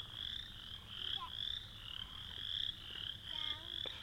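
Frogs trilling together in a high, rhythmic chorus that swells in waves, with a few brief sliding chirps.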